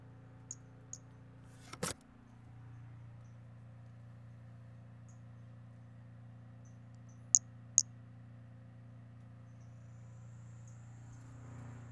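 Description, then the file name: Pumpkin toadlet's short high notes, faint early and a clear pair later, with a loud knock partway through and a steady low hum. Individual 08, one animal, collected as museum specimen MHNCI 10297. "Brachycephalus albolineatus individual 08 example 04 collected MHNCI 10297"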